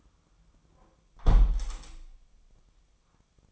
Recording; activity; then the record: daily activity, microphone in the room; close window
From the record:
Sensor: 1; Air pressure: 1004.6 hPa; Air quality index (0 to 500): 120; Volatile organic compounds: 4 ppm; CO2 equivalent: 1673 ppm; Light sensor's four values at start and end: 9/21/8/9 and 8/21/8/9